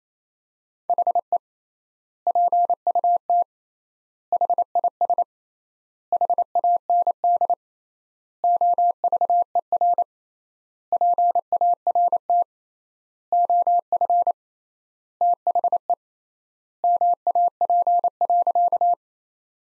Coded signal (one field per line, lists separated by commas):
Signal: Morse code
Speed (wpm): 27 wpm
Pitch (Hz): 700 Hz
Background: none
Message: HE PUT HIS HAND OVER PART OF THE MAP.